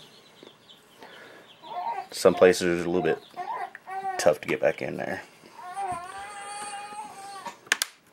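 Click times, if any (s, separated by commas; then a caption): 7.7 s, 7.8 s. Someone talks while pressing the plastic back cover of a NextBook 10.1 tablet, which won't turn on, back onto its frame, working around the edge where it is stiff to fit. Two sharp snaps at 7.7 s and 7.8 s mark the cover clips seating into place.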